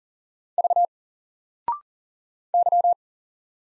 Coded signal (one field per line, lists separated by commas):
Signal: Morse code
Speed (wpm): 40 wpm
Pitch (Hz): 700 Hz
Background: none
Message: V Y